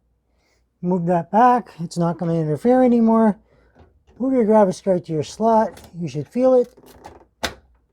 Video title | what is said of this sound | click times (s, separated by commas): Corsair 4000X RGB Build Guide with Ryzen 9 5900X | that should click in place and then just put your two screws in here | 7.5 s